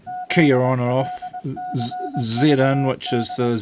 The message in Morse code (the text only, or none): ZLCVD